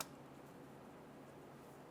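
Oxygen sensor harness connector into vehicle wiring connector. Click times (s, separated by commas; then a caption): 0.0 s. A plastic electrical connector on the harness of a replacement downstream oxygen sensor for a 2003–2008 Honda Pilot is pushed onto the vehicle's mating wiring connector. A single sharp click sounds at 0.0 s, followed by steady low background noise. The connector is seated.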